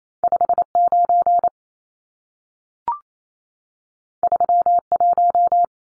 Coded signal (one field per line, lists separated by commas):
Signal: Morse code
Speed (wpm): 28 wpm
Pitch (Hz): 700 Hz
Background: none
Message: 59 31